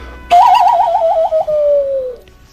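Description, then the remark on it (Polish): A lone cuckoo call, played as a cue during a question game on Polish Radio's Program Trzeci (Trójka), rings out: a loud, wavering trilled note that smooths into a long, steady tone sliding gently downward before fading, with no voices. “To może kukułkę poprosimy od razu.”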